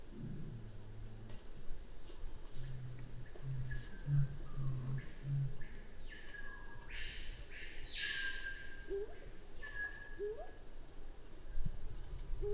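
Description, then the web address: Black curassow uttering low resonant booms in a stuttering series, followed by another bird's loud arched whistled call and a few rising chirps. "sound Black-curassow. صدای-پرنده-کاکل-فری-سیاه"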